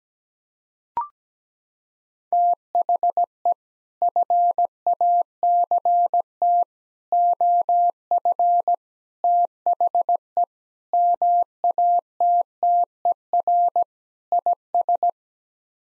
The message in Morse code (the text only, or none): THE FACT OF THE MATTER IS